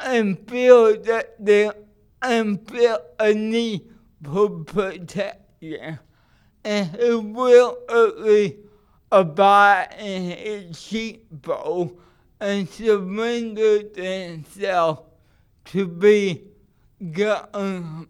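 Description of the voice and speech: An adult man with cerebral palsy preaches in slow, effortful phrases separated by frequent pauses, with stretched vowels and consonants, slurred or dropped sounds and a fairly high, strained pitch, so that his speech sounds accented. This fits dysarthric speech from cerebral palsy.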